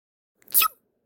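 A single short sneeze from an adult, with a brief sharp burst of noise strongest in the high frequencies.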